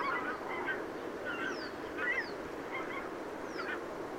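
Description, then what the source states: Goose: a goose giving scattered honks, with thin descending whistles heard several times. Recorded 5 September 2016.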